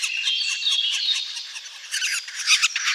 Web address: Dendrocopos medius